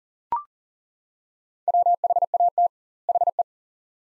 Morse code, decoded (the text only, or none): WHAT HE